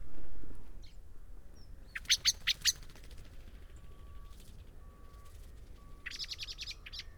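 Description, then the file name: Common blackbird calls: a quick burst of four sharp clicking chips, a pause, then another rapid burst near the end. "Turdus merula"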